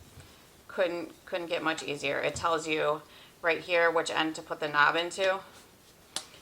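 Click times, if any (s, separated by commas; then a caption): 6.2 s. A plastic hula hoop segment is pushed down onto the adjoining segment and snaps into place. Someone talks for most of the clip, and after a pause a single sharp click is heard at 6.2 s as the segment seats.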